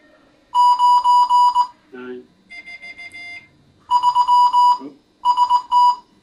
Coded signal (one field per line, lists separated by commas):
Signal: Morse code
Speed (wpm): 20 wpm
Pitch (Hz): 980 Hz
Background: speech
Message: 9 3 ST